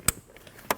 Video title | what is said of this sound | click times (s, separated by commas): How to Replace Radiator 2013-2019 Ford Escape 1.5L L4 | Now reinstall your air intake sensor. Wait for the click. | 0.1 s